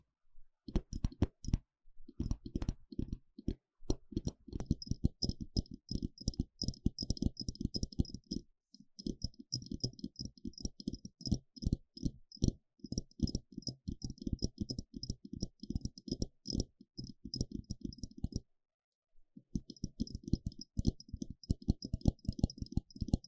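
Rapid scratching and tapping on the eardrum, a dense, restless run of dry clicks and rattles with a low thump underneath and a thin, bright crackle riding above. It breaks off briefly near 9 seconds and again around 18 seconds before resuming.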